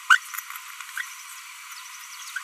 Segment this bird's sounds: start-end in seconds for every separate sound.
0.10-0.17, 0.97-1.01, 2.36-2.39